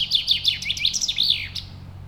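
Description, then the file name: Common chaffinch song phrase of quick repeated chirps with downward strokes, speeding into a short terminal flourish, then quiet with a faint low hum. "Fringilla coelebs"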